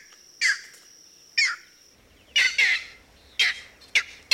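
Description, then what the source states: Green heron giving a run of loud, rasping squawks, some closely paired. Sounds described as squawks, squeaks and cackles; Virginia.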